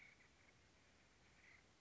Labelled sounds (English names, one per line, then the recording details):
Acorn Woodpecker
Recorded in Sonoma County, California